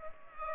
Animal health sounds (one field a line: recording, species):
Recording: mosquito wingbeat signal from an infrared sensor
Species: Culex pipiens